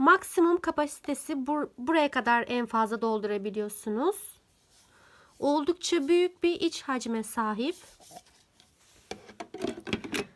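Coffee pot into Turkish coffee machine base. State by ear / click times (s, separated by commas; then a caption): seated / 10.2 s. Someone talks, then the pot of a Turkish coffee machine is set into its place on the machine base, producing a few light knocks and a click at 10.2 s. The pot has seated on the base.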